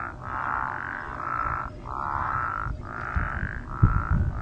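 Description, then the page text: Great Basin spadefoot calls: long raspy, snoring notes following one another with short breaks, with low thumps and rumble underneath. Wild spadefoots recorded during monitoring surveys in the Nicola Valley near Merritt, British Columbia, Canada, on 10 May 2024. "Spadefoot calls 10 May 2024. Nicola Naturalist Society. Great Basin Spadefoot (Spea intermontana) in the Nicola Valley around Merritt, BC"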